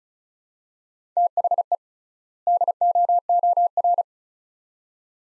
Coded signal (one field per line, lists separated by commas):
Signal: Morse code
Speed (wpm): 36 wpm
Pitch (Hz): 700 Hz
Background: none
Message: THE DOOR